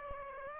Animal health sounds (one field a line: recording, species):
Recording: mosquito wingbeat signal from an infrared sensor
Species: Aedes aegypti